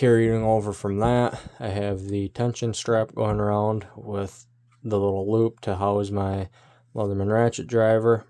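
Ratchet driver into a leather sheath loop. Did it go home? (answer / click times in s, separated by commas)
no / none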